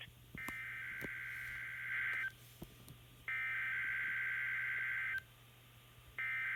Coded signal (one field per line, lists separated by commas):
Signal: Emergency Alert System (SAME) tones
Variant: header bursts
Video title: EAS Required Weekly Test NOAA WXL40 8/18/21 EAS#100